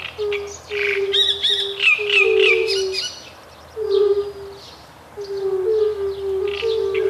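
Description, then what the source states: Great reed warbler song, harsh grating chatter of repeated croaky notes, over a steady series of low, mellow, drawn-out hooting notes from toads. With fire-bellied toads.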